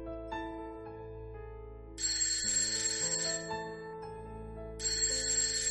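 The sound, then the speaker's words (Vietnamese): A phone alarm set for just before 7 in the morning rings with a steady electronic melody of sustained tones, broken by two louder bursts of bright, shimmering bell-like chiming. No one speaks. “Tiếng chuông báo thức của thằng Tài chất thật. Tôi với tay tắt điện thoại của nó.”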